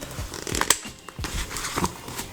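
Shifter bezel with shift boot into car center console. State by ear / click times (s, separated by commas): seated / 0.7 s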